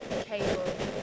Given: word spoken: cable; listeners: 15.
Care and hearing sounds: one English word in noise, from a listening test; noise modulated by three-talker babble; -4.4 dB; 7 of 15; 8 of 15; 0.63 s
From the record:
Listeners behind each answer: 8, 7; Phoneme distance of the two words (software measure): 10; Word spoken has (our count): 2 syllables, 4 phonemes, stress on syllable 1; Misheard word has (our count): 2 syllables, 4 phonemes, stress on syllable 1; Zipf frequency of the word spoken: 4.30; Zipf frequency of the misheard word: 5.10

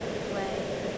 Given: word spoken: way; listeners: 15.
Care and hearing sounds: one English word in noise, from a listening test; speech-shaped noise; -5.3 dB; 2 of 15; 7 of 15; 0.58 s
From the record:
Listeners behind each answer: 7, 2, 2, 2, 1, 1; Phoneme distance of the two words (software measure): 17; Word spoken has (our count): 1 syllable, 2 phonemes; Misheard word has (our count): 1 syllable, 3 phonemes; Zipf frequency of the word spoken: 6.12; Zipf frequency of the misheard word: 5.69

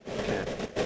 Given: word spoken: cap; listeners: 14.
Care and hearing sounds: one English word in noise, from a listening test; noise modulated by three-talker babble; -5.5 dB; 2 of 14; 8 of 14; 0.46 s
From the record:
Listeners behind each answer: 8, 2, 1, 1, 1, 1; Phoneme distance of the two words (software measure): 10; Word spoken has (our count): 1 syllable, 3 phonemes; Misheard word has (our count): 1 syllable, 3 phonemes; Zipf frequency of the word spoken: 4.42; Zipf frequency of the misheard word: 4.83

